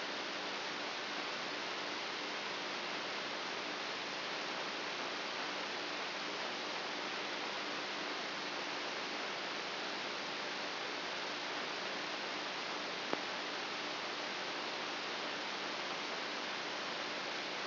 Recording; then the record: brain microelectrode recording played as sound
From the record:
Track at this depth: inside the subthalamic nucleus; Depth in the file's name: 4.64 mm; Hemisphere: right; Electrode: 2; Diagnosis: Parkinson's disease